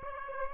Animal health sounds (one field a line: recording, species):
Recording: mosquito wingbeat signal from an infrared sensor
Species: Aedes aegypti